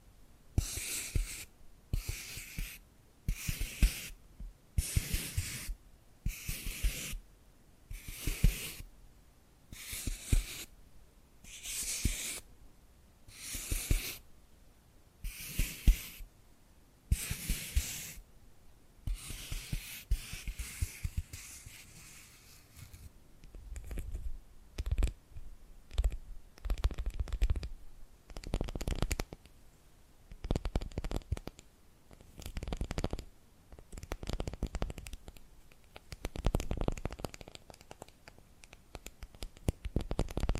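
Tapping and scratching sounds in a hypnotic rhythm. For the first twenty seconds, short bright scratchy strokes repeat evenly about once a second. After that they give way to denser, quicker taps and rustling scratches in irregular bursts that swell and fade.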